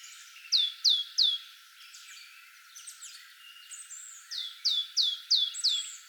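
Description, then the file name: Great tit giving three crisp descending notes, a pause with scattered faint chirps, then a second series of four to five similar falling notes. "Parus major"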